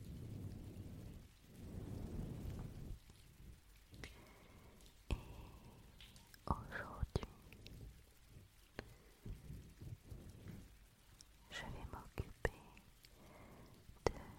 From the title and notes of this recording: ASMR Energy rain (+ pluie).